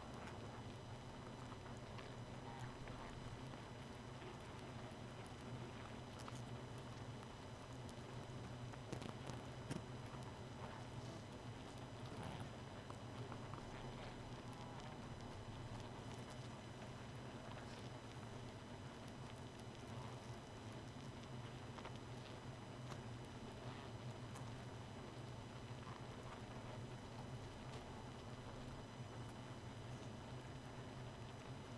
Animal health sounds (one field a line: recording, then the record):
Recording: honeybee colony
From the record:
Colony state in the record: missing queen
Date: 31 May 2018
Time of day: 0:59